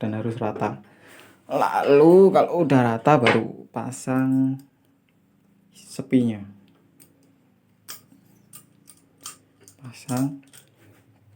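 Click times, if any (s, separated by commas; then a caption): 9.3 s. While replacing the seal on a Kawasaki KLX BF upside-down motorcycle fork, someone fits the metal retaining clip and oil seal into the fork tube and pushes it in. Someone talks for the first five seconds, followed by soft scraping and small taps. The clip clicks into its groove and seats at about 9.3 s.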